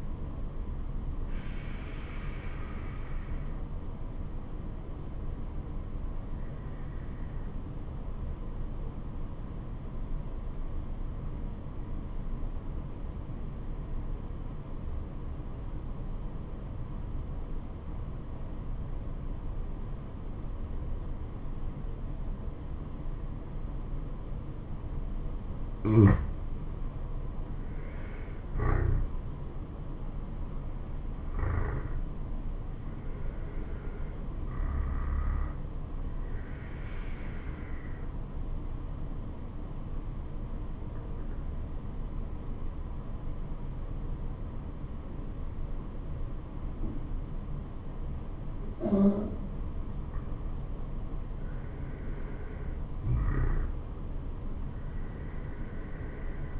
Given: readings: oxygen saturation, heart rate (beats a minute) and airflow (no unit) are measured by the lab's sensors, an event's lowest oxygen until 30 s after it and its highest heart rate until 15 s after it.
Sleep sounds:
breathing in sleep by a smartphone at the bedside; 2
4.00-27.60 s: obstructive apnea (N1, oxygen 97% highest, then 88% lowest, heart rate 73 at the start, 78 highest)
25.00-56.59 s: new sleep stage, N2 (light sleep)
39.00-51.80 s: obstructive apnea (N2, oxygen 96% highest, then 93% lowest, heart rate 72 at the start, 78 highest)
From the record:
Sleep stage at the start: N1 (lightest sleep); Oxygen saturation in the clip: 85 to 97%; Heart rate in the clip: 66 to 78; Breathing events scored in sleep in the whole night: 426 in 7.4 hours asleep

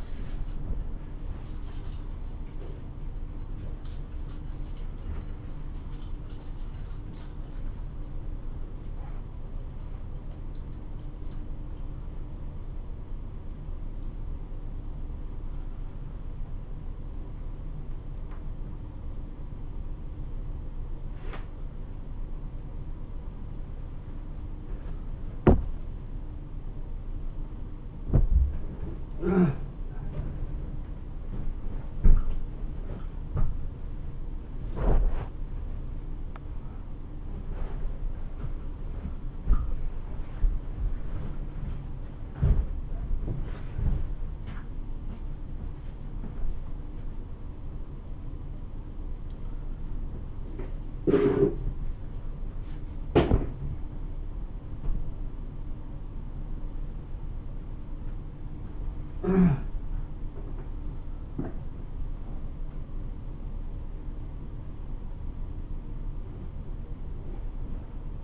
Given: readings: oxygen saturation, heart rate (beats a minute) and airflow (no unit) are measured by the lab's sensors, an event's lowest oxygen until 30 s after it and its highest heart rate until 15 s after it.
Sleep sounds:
a person awake in a sleep study, by a smartphone at the bedside; none
0.00-68.23 s: awake
From the record:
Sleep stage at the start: awake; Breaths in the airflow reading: 26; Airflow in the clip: -0.7 to 0.8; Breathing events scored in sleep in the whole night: 304 in 5.6 hours asleep

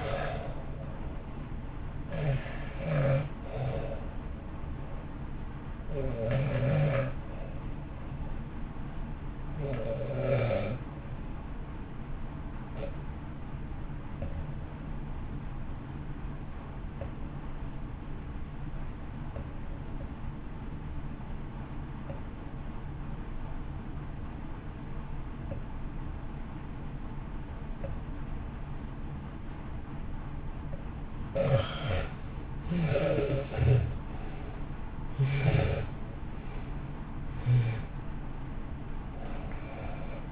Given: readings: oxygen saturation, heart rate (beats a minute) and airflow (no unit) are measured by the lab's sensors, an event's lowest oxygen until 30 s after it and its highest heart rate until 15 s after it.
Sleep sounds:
breathing in sleep by a smartphone at the bedside; 1
10.00-35.80 s: hypopnea (N1, oxygen 94% highest, then 72% lowest, heart rate 54 at the start, 68 highest)
13.00-40.32 s: new sleep stage, REM sleep
From the record:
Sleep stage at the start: N1 (lightest sleep); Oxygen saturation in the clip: 68 to 94%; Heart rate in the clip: 53 to 69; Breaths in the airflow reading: 4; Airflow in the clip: -1.4 to 1.5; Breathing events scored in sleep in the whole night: 328 in 6.3 hours asleep

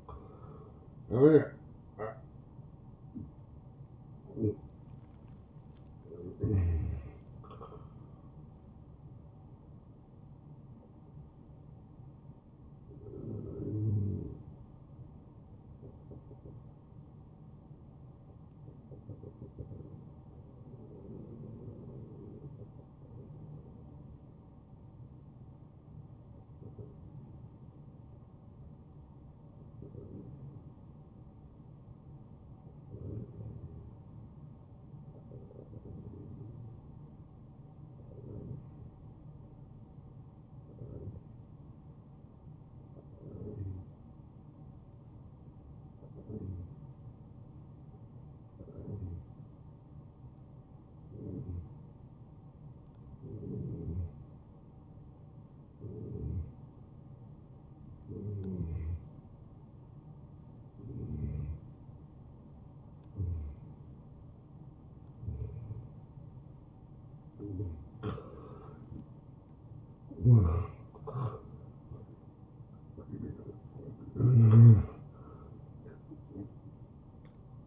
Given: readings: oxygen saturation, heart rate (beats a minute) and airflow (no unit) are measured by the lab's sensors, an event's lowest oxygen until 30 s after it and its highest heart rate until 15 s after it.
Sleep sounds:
breathing in sleep by a smartphone at the bedside; 1
14.00-67.10 s: hypopnea (N1, oxygen 96% highest, then 90% lowest)
51.00-77.67 s: new sleep stage, N2 (light sleep)
From the record:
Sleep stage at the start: N1 (lightest sleep); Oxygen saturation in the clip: 86 to 96%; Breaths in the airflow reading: 18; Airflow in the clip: -17.3 to 8.6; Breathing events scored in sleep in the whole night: 263 in 5.5 hours asleep

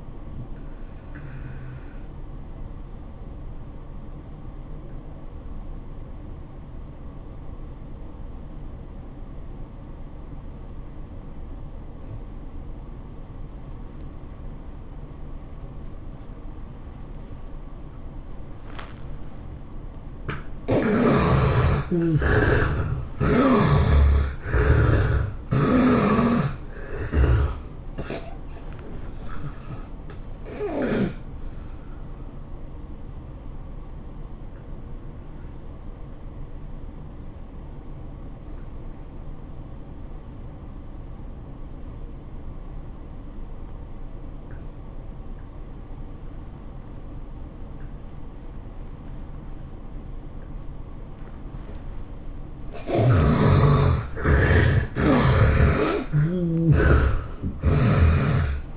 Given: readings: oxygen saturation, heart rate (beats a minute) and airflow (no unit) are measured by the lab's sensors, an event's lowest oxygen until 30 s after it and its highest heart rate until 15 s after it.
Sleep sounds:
breathing in sleep by a smartphone at the bedside; 2
3.00-22.70 s: obstructive apnea (N1, oxygen 96% highest, then 72% lowest, heart rate 100 at the start, 107 highest)
31.00-52.10 s: obstructive apnea (N1, oxygen 95% highest, then 69% lowest, heart rate 107 at the start, 111 highest)
From the record:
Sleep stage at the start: N1 (lightest sleep); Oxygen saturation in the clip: 72 to 96%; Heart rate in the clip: 80 to 107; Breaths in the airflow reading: 8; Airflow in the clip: -15.3 to 12.3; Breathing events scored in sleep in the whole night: 403 in 5.5 hours asleep

